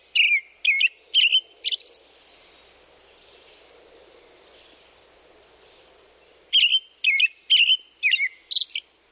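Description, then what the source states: American robin song: short whistled caroling phrases in two bursts of several phrases each, separated by a pause of a few seconds, with faint background noise. Described as a harbinger of spring in the northern states, with robins out pulling up worms.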